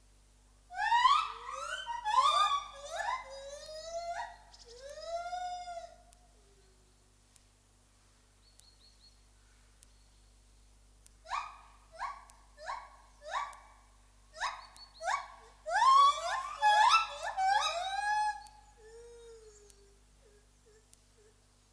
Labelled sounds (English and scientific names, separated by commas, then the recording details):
Lar Gibbon (Hylobates lar) call
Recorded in captivity
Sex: pair
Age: adult
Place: Tiergarten Nürnberg, Bayern, DE
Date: 1998-11-13
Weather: bedeckt, ca. 2 bis 3°C
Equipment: Sony MD-WM MZ-R3, Sennheiser MKH 416 T, Kopie Uher 4000 Report Monitor
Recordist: Tembrock, Günter